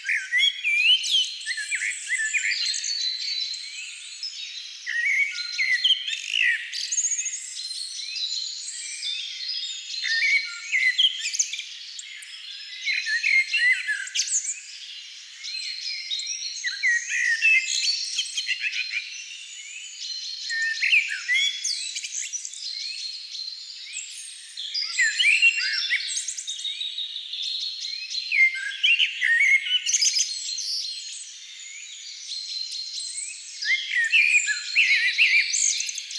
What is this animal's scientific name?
Turdus merula